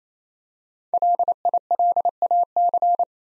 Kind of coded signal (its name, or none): Morse code